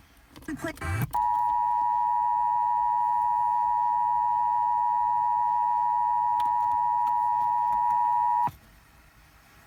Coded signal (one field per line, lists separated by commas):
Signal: Emergency Alert System (SAME) tones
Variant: 853 and 960 Hz attention tone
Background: speech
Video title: EAS Pennsylvania Required Monthly Test 8/20/20 #12